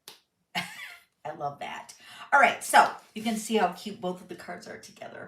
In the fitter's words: and I added a magnet so it kind of snaps closed. Can you hear it?